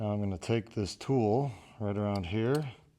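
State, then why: Not seated. A green bungee cord is being handled with a hook tool on a BCAN BT4 rebounder trampoline, about to be pulled around so its hook snaps onto the frame anchor. Someone talks through most of the clip, with only faint handling noise underneath. Nothing has snapped or seated yet.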